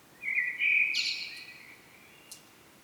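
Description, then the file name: Common blackbird giving a single short phrase: a low fluty whistle that jumps into a bright, high twittering ending, then fades out. "Turdus merula"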